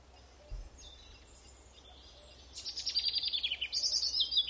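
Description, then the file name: European robin song: a faint thin note early on, then from midway a fast, high, slightly descending trill of sharp repeated notes running to the end. "Erithacus rubecula"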